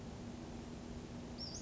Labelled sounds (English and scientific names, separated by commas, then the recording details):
Western Flycatcher (Empidonax difficilis)
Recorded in Sonoma County, California